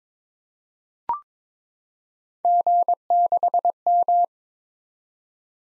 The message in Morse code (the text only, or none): G6M